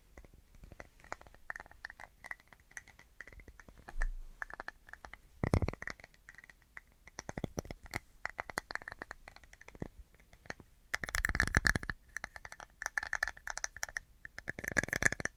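Quick, crisp tapping and scratching on assorted objects, with dense clusters of light clicks running throughout. Louder bursts of scraping come near six seconds and again from about eleven to twelve seconds, then build once more just before the end.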